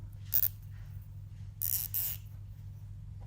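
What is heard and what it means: A plastic cable tie is pulled through its ratchet head to fasten parts of a paper-towel-tube rubber band racer. Its teeth ratchet past the pawl in two short zipping bursts of clicks at 0.3, 0.4, 1.6, 1.7, 1.7 and 1.9 seconds over a steady low hum. The zipping clicks show the tie was threaded the right way and has ratcheted closed.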